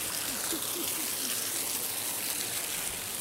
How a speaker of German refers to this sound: Und die Krönung ist ein Wasserfall. Und man kann jetzt von hinten unter den Wasserfall, hier tropft es nur ein bisschen, echter Adventure Trail. Ah, Aufnahmen hinterm Wasserfall.